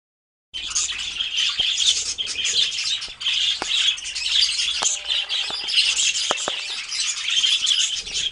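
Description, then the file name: Budgerigar in a group, busy high twittering and squawking calls layered together, broken by a few sharp clicks. A flock of parakeets. "suara-parkit-rombongan omkicau"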